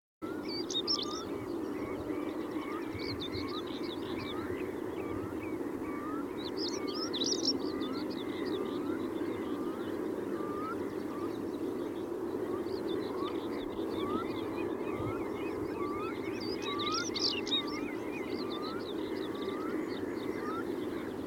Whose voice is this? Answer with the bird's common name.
European Stonechat